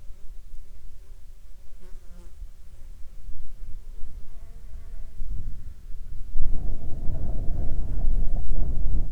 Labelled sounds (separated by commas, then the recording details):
wind, insects
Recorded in the Prudhoe Bay oil fields, Alaska, on 8 July 2019 at 13:59
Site 14